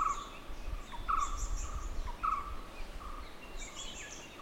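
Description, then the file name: Barbet: short hooting notes repeated roughly every second over a low rumbling noise, while other birds twitter high. "Barbets Grey Wag"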